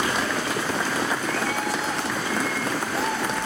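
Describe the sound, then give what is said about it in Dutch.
Steady, dense clapping from an audience at the Dutch commemoration of the slavery past, applauding the speaker from NINSEE, the Dutch institute for the slavery past; a loud continuous patter of many hands that holds at an even level throughout without any voices standing out. “Applaus voor Linge Nooit Meer van het NINSEE, het Nederlands Instituut voor Nederlands Slavernijverleden.”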